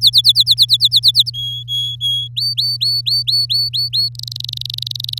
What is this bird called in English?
Domestic Canary